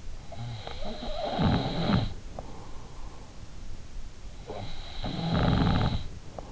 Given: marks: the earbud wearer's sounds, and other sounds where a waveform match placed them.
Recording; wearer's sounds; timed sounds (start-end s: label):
sounds in sleep by an in-ear microphone; snoring breath
0.12-2.87 s: snoring breath
4.30-6.52 s: snoring breath